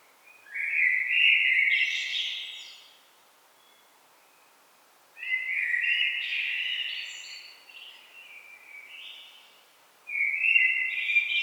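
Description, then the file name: Common blackbird song, three fluty warbling phrases about five seconds apart, the last one cut off. "Turdus merula"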